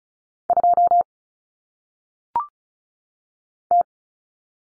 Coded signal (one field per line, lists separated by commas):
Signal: Morse code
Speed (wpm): 36 wpm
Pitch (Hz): 700 Hz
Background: none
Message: 2 T